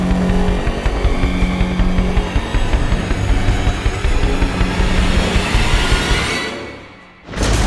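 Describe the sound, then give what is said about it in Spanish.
A heavy garbage truck engine roars steadily with a deep, rumbling low end on a snow-covered street, then thins out and drops off sharply near the end, leaving a brief dip before the noise returns. “Pude escuchar, sin embargo, cómo aquel rugido deleznable se perdía lentamente en el retorno hacia su lejano e inconcebible destino.”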